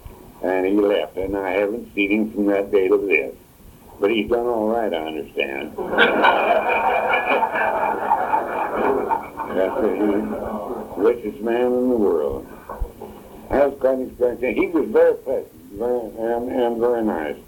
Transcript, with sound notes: and he left. And I haven't seen him from that day 'til this. But he's done alright, I understand. (laughter) Richest man in the world. That was quite an experience. He was very pleasant, and very nice.